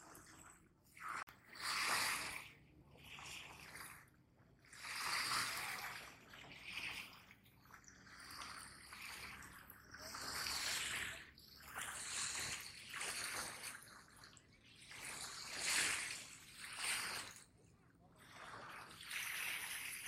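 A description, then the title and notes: Small waves wash and splash against a Lake Huron shoreline, each swell rising and falling roughly every two to three seconds. The hissing surges are bright and frothy, with brief quieter gaps between them and a faint low rumble underneath. Along the waters of Lake Huron in heart of Michigan.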